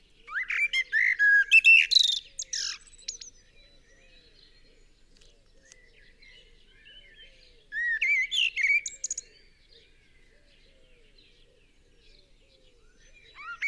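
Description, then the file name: Common blackbird singing two melodious phrases, each a low mellow warble ending in a high squeaky flourish, with silence between and a third phrase beginning at the end. "Turdus merula 180718"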